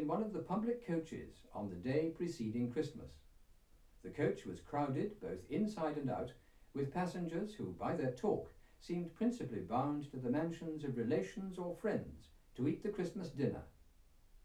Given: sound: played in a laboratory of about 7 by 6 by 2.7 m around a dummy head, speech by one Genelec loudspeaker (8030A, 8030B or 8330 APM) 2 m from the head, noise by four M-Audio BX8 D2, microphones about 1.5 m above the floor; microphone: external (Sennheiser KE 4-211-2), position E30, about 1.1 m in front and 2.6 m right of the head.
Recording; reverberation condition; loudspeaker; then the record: male speech in English; low; 30 degrees to the left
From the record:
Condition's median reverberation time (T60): about 310 ms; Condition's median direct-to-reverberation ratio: about 3.5 dB